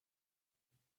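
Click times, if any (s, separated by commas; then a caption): none. A second plastic LEGO toy brick is handled over another brick's studs, about to be pressed on to show its clutch power. Mostly quiet handling is heard, with a faint bump near 0.55 s and a soft, low thump around 0.75 s. Nothing has seated or clicked yet.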